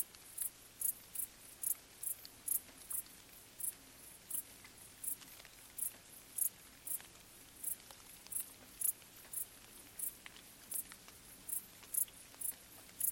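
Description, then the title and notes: Steady high cricket chirps, close to two each second and very regular, with light rainfall pattering on foliage underneath. Crickets stridulating late on a summer night during gentle rain on vegetation, along an abandoned railway track in Bad Boll, Baden-Württemberg, with the nearby village silent. "Crickets in gentle summer rain. crickets stridulating late at night whilst gentle summer rain falls on the surrounding vegetation. abandoned railway track in Bad Boll, Baden-Württemberg. Colin Hunter. Music for Sleep"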